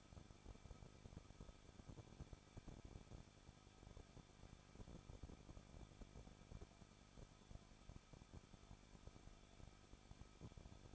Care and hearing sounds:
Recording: daily activity, microphone in the room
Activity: no activity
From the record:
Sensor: 5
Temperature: 20.9 degrees Celsius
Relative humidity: 38.2%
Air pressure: 1006.4 hPa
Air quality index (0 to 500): 189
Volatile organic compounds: 19 ppm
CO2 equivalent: 2663 ppm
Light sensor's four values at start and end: 2/3/1/1 and 2/3/1/1

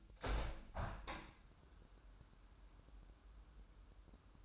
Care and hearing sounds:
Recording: daily activity, microphone in the room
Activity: open window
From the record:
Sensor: 2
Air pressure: 998.5 hPa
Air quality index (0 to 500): 125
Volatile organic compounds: 3 ppm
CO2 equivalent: 1416 ppm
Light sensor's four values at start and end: 6/14/6/6 and 6/15/6/7

